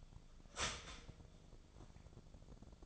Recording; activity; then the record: daily activity, microphone in the room; start toaster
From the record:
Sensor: 5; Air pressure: 1000.3 hPa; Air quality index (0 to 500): 127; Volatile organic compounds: 2 ppm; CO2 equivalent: 1007 ppm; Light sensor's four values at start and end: 80/187/80/86 and 80/188/80/86